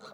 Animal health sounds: pig call; piglet (1 to 25 days)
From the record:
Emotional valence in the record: negative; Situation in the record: short isolation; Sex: male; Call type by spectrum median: low-frequency call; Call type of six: low-frequency tonal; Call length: 0.14 s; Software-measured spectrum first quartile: 615 Hz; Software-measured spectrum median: 1286 Hz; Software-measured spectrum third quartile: 2539 Hz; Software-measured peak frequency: 515 Hz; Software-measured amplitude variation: 72 dB a second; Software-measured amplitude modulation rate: 13.9 a second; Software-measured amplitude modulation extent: 5.2 dB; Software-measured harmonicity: 1.2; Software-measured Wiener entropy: -1.72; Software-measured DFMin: 726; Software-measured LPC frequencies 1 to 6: 613, 1351, 2324, 4114, 6002, 7032 Hz

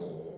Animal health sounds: pig call; piglet (1 to 25 days)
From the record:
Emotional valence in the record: negative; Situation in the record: short isolation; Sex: female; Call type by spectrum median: low-frequency call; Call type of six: low-frequency modulated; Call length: 0.38 s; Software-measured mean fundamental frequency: 53 Hz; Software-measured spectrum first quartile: 226 Hz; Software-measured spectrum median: 394 Hz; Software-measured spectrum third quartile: 497 Hz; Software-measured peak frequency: 434 Hz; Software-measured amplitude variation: 122 dB a second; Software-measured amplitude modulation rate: 23.6 a second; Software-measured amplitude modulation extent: 5.2 dB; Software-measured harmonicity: 3.8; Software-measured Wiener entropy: -0.04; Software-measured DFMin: 1451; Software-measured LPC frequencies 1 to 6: 449, 1996, 3693, 4809, 6094, 7444 Hz

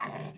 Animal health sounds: pig call; piglet (1 to 25 days)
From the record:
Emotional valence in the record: negative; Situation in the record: long isolation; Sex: female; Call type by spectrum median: low-frequency call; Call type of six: low-frequency tonal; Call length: 0.38 s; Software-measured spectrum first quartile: 369 Hz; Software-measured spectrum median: 880 Hz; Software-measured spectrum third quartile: 1415 Hz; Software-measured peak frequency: 1116 Hz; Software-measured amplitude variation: 129 dB a second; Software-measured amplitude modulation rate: 18.2 a second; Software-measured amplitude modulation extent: 7.1 dB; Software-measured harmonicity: 2.2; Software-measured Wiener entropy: -1.26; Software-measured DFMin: 530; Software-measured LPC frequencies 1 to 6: 587, 1106, 1949, 2515, 3397, 4381 Hz

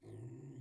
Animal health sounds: pig call; weaner (32 to 43 days)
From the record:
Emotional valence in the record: negative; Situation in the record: restrain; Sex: male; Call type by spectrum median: low-frequency call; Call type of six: low-frequency stable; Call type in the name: low-frequency stable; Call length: 0.62 s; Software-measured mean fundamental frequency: 42 Hz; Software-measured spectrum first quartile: 122 Hz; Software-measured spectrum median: 202 Hz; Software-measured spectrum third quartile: 391 Hz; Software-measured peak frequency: 125 Hz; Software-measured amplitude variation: 117 dB a second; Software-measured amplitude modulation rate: 21.0 a second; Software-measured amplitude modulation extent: 5.6 dB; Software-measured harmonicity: -0.7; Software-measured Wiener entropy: 0.79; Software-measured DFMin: 953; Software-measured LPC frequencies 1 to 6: 288, 1938, 2649, 3391, 4125, 4974 Hz

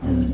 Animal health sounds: pig call; growing-finishing pig (85 days or more)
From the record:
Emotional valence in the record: positive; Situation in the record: enriched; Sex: female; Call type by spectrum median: low-frequency call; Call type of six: low-frequency stable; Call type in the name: low-frequency modulated, not sure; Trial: 2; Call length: 0.35 s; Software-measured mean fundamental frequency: 39 Hz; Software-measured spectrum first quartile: 99 Hz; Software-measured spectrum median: 201 Hz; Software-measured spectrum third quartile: 277 Hz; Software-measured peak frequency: 256 Hz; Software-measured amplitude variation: 114 dB a second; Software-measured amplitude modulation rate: 21.7 a second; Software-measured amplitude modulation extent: 5.2 dB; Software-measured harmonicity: 0.2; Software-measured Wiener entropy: -1.04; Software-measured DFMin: 1085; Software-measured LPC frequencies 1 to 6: 267, 1686, 2946, 3918, 6077, 7255 Hz

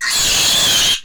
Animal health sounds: pig call; piglet (1 to 25 days)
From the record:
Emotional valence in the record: negative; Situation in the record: castration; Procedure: castration, shear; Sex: male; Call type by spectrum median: high-frequency call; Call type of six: high-frequency modulated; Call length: 1.06 s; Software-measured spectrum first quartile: 3111 Hz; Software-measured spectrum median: 4451 Hz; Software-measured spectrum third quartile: 7196 Hz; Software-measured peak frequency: 3198 Hz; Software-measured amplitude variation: 59 dB a second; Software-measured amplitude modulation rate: 26.0 a second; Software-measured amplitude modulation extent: 2.3 dB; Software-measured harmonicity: 0.8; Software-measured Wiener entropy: -1.46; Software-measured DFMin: 551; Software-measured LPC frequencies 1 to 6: 935, 1785, 3285, 4212, 6650, 7548 Hz

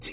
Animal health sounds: pig call; weaner (32 to 43 days)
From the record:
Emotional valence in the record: negative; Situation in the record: novel object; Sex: female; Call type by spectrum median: high-frequency call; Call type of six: high-frequency stable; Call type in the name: high-frequency stable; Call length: 0.13 s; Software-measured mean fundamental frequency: 300 Hz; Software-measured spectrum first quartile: 1967 Hz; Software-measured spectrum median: 4191 Hz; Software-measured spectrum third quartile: 5638 Hz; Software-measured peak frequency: 4665 Hz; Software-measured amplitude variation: 129 dB a second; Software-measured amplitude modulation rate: 3.9 a second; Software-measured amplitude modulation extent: 32.9 dB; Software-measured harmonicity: 1.4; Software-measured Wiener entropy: -2.20

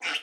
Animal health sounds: pig call; piglet (1 to 25 days)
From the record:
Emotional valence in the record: negative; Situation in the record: restrain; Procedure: in the arms of a person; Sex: female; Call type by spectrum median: high-frequency call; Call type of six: mixed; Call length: 0.23 s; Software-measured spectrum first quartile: 1855 Hz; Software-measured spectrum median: 2505 Hz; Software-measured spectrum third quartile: 3105 Hz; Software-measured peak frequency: 2848 Hz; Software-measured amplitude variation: 167 dB a second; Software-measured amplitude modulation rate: 10.9 a second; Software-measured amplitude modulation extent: 15.3 dB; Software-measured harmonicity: 2.8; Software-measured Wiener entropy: -1.47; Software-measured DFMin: 712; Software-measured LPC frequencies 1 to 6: 784, 1490, 2227, 2833, 5433, 6516 Hz

